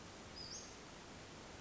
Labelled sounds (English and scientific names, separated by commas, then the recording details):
Western Flycatcher (Empidonax difficilis)
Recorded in Sonoma County, California